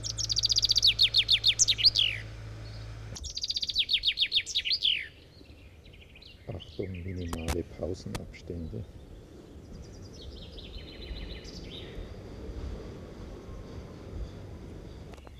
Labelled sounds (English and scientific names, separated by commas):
Common Chaffinch (Fringilla coelebs) song